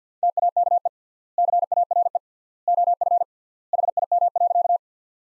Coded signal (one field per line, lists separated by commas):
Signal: Morse code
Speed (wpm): 49 wpm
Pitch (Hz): 700 Hz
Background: none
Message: TAKE CARE OF HIM.